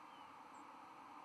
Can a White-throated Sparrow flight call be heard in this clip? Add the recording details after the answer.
no. Another species' flight call is heard. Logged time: 00:48 on 11 November 2014